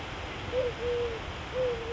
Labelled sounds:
Eurasian Collared Dove

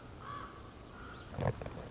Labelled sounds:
Common Raven

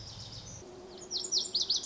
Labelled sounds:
Lazuli Bunting

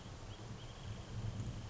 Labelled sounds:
Wrentit

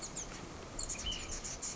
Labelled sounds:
Ash-throated Flycatcher

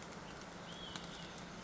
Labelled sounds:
Olive-sided Flycatcher

